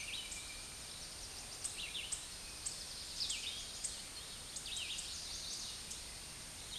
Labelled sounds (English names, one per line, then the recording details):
Red-eyed Vireo song
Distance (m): 35 m
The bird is about 20 m above the microphone
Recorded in a Pennsylvania forest on 16 May 2024 at 07:17
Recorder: AudioMoth, point MSD-0398
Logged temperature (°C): 16.4 °C
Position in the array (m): 168 m, 69 m